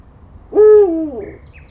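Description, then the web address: Little owl giving a single mellow hoot, steady then sliding downward over about a second, with a faint higher squeak afterward. Recorded at a zoo in Jászberény, Hungary, in 2016; the bird called four times. "jaszberenyizoo 2016 professzionalis kuvik"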